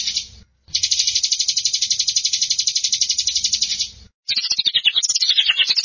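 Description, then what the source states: Canary singing a rapid, dense rolling trill for about three and a half seconds, followed by quick varied twittering notes. Champion singing canary.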